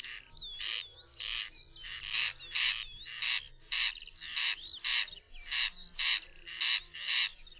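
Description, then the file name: Corn crake repeating grating crex notes in a steady series, over faint sweeping whistles from another bird. "derkacz"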